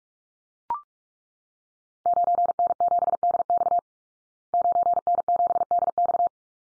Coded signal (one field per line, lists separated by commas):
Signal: Morse code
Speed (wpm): 44 wpm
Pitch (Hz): 700 Hz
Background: none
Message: 9N7DX 9N7DX